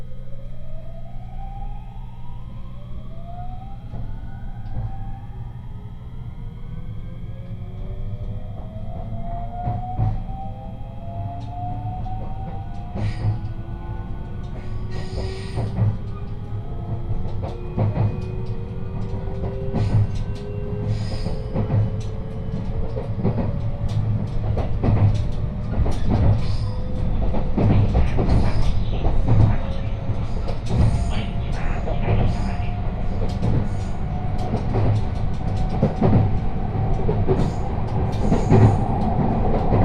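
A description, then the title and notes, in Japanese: A train on the San'yō and Akō lines runs from Himeji toward Banshū-Akō, its motor whine climbing steadily in pitch as it gathers speed. A deep rumble holds underneath, with frequent clicks and rattles from the wheels and carriage growing busier through the second half. 山陽本線・赤穂線 姫路→播州赤穂。まだ5時台の電車ですが早起きして乗車します。播州赤穂行きの列車は223系の4両編成。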